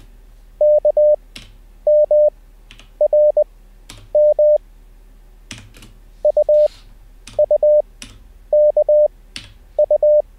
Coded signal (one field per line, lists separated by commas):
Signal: Morse code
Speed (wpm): 20 wpm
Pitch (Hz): 600 Hz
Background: none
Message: KMRM UUKU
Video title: How to Learn Morse Code Live with N0SSC (Day 1)